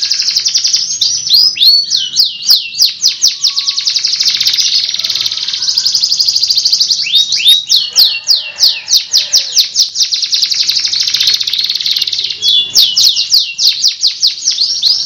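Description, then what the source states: Atlantic canary song, a continuous high trilling run of rapid repeated notes, shifting into sweeping downslurred phrases and rolling trills throughout. Canary of the loper type, a master recording for training kept songbirds, singing a long trilling song style called ngerol panjang.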